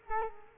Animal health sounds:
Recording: mosquito wingbeat signal from an infrared sensor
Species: Culex quinquefasciatus

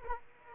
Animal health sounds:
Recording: mosquito wingbeat signal from an infrared sensor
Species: Aedes aegypti

